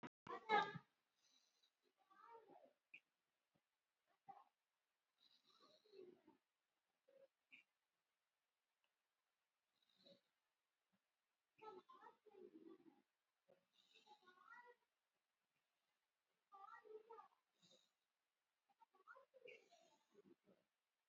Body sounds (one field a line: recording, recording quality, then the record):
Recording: shallow breathing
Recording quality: moderate, slight background noise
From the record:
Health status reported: COVID-19 positive, moderate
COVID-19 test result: positive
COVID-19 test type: RT-PCR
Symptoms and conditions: cough, cold, muscle pain, hypertension, diabetes, ischaemic heart disease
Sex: male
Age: 57 years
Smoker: yes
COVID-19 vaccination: both doses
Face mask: worn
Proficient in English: yes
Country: India